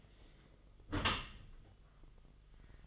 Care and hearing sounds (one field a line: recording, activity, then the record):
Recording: daily activity, microphone in the room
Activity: close dishwasher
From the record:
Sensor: 4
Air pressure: 1005.5 hPa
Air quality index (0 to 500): 113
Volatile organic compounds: 3 ppm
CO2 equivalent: 1409 ppm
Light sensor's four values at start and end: 11/26/10/10 and 11/26/10/10